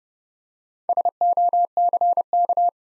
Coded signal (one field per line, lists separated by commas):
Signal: Morse code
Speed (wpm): 30 wpm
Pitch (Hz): 700 Hz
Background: none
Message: SOCK